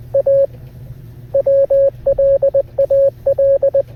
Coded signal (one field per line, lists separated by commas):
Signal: Morse code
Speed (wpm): 20 wpm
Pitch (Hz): 550 Hz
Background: radio noise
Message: A W LAL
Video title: longest Morse code